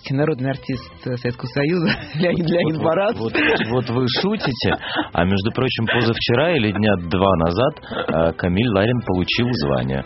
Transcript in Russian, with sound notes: народный артист Советского Союза Леонид Барац. (Смех.)
―
Вот вы шутите, а, между прочим, позавчера или дня два назад Камиль Ларин получил звание.